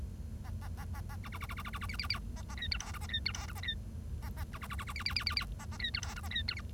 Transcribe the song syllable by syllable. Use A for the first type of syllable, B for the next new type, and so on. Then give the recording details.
A A A A A B B B B B B B B C C C A A D E F G A D E F G A D A A B B B B B C C C C C A A D E F G A D E H. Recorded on 1 October 2012 at 10:22. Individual or60yw70